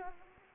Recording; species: mosquito wingbeat signal from an infrared sensor; Anopheles arabiensis